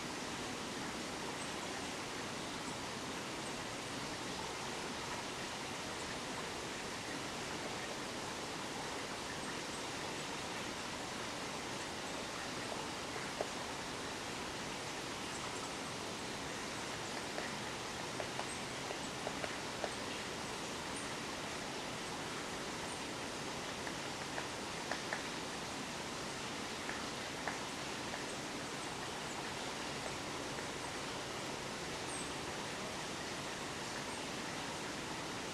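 A babbling brook pours out a steady, dense rush that never lets up, with a few faint ticks and taps surfacing midway.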